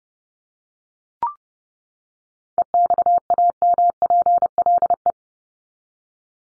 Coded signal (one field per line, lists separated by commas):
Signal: Morse code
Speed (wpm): 29 wpm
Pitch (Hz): 700 Hz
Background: none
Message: EXAMPLE